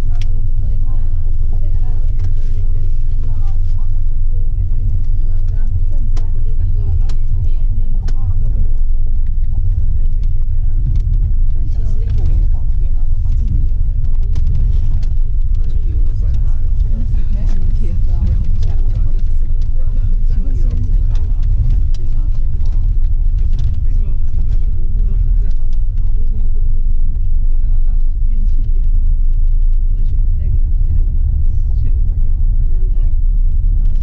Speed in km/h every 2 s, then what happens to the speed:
4, 5, 6, 6, 7, 7, 7, 7, 8, 8, 10, 12, 15, 17, 19, 20, 21.
0-18 steady at about 7. 18-34 speeds up to 21.